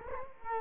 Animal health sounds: mosquito wingbeat signal from an infrared sensor; Culex quinquefasciatus

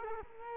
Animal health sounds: mosquito wingbeat signal from an infrared sensor; Culex quinquefasciatus

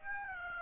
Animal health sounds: mosquito wingbeat signal from an infrared sensor; Aedes aegypti

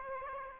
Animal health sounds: mosquito wingbeat signal from an infrared sensor; Aedes aegypti

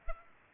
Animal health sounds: mosquito wingbeat signal from an infrared sensor; Culex pipiens

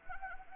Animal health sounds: mosquito wingbeat signal from an infrared sensor; Anopheles gambiae

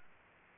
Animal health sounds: mosquito wingbeat signal from an infrared sensor; Aedes aegypti

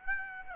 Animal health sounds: mosquito wingbeat signal from an infrared sensor; Aedes aegypti

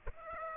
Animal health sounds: mosquito wingbeat signal from an infrared sensor; Aedes aegypti

